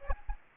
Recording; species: mosquito wingbeat signal from an infrared sensor; Aedes aegypti